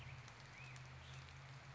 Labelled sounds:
Black-headed Grosbeak (Pheucticus melanocephalus)
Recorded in Sonoma County, California

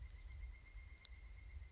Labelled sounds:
Pileated Woodpecker (Dryocopus pileatus)
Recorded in Sonoma County, California

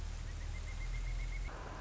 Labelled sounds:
Pileated Woodpecker (Dryocopus pileatus)
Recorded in Sonoma County, California

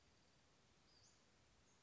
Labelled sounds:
Western Flycatcher (Empidonax difficilis)
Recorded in Sonoma County, California

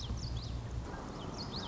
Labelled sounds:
Common Yellowthroat (Geothlypis trichas)
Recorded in Sonoma County, California

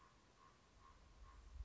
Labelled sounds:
Common Raven (Corvus corax)
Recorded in Sonoma County, California

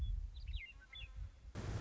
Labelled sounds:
Western Meadowlark (Sturnella neglecta)
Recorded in Sonoma County, California

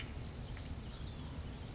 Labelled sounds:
California Towhee (Melozone crissalis)
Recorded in Sonoma County, California

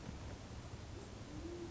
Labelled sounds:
Band-tailed Pigeon (Patagioenas fasciata)
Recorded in Sonoma County, California

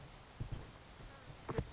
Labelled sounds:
Blue-gray Gnatcatcher (Polioptila caerulea)
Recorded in Sonoma County, California

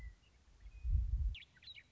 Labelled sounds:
Western Meadowlark (Sturnella neglecta)
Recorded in Sonoma County, California

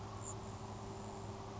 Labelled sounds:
Grasshopper Sparrow (Ammodramus savannarum)
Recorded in Sonoma County, California

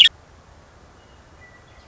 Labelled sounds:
Western Meadowlark (Sturnella neglecta)
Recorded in Sonoma County, California

